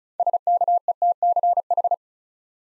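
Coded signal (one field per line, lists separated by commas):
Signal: Morse code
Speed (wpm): 36 wpm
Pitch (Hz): 700 Hz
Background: none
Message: SKETCH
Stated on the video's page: Morse practice for Instant Character Recognition: six-letter words built up three letters at a time, sent at 35 wpm.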